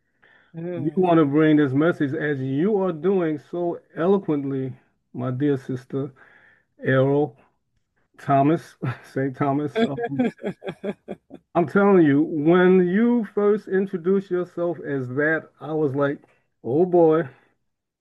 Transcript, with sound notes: We want to bring this message, as you are doing so eloquently, my dear sister, Aero Thomas, St. Thomas of-
(laughs)
... I'm telling you, when you first introduced yourself as that, I was like, "Oh, boy."